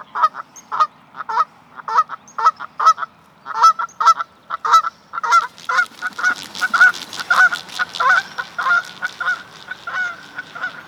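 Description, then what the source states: Bird honking repeatedly in a series of nasal calls, with more overlapping honks and a broad rushing noise joining halfway through. Recorded in Canada.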